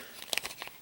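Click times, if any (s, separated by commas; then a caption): 0.3 s, 0.4 s. The plastic arm of a Mattel DC Universe Classics Wave 3 Solomon Grundy action figure, which keeps falling out of its shoulder ball socket, is pushed back in with faint crinkly handling ticks. Two sharp plastic clicks at 0.3 s and 0.4 s mark the arm snapping into the socket, followed by a few softer ticks. The arm is seated.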